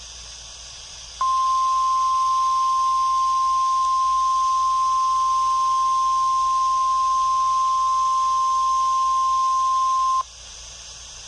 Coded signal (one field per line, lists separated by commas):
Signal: Emergency Alert System (SAME) tones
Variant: 1050 Hz attention tone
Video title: All Wisconsin NWS Offices Required Weekly Tests RWT Emergency Alert System EAS NOAA Weather Radio